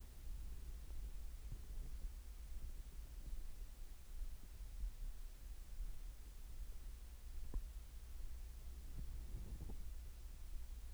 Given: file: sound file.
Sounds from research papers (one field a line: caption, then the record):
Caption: Audio file of ear canal signals from the no.1 control.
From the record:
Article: Pre-Treatment Objective Diagnosis and Post-Treatment Outcome Evaluation in Patients with Vascular Pulsatile Tinnitus Using Transcanal Recording and Spectro-Temporal Analysis